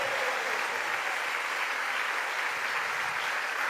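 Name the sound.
audience applause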